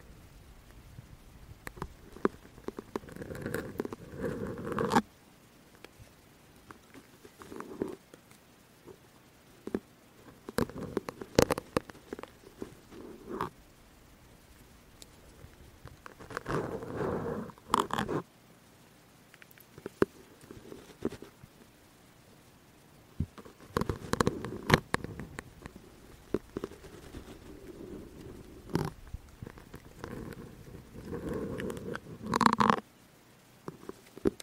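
Syringe sounds: short bursts of scraping plunger friction every few seconds, mixed with sharp clicks and taps, separated by quiet gaps.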